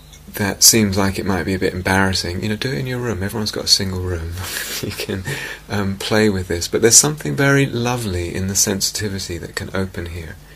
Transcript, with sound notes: that seems like it might be a bit embarrassing, you know, do it in your room. Everyone's got a single room. [laughs] You can play with this. But there's something very lovely in the sensitivity that can open here,